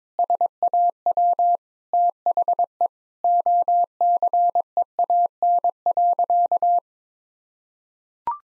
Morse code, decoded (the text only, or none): SAW THE OCEAN.